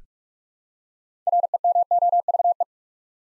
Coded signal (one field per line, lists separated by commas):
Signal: Morse code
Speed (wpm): 44 wpm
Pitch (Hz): 700 Hz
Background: none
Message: REMOVE